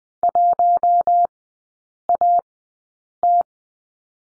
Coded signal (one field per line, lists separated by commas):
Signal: Morse code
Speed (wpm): 20 wpm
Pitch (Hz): 700 Hz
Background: none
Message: 1AT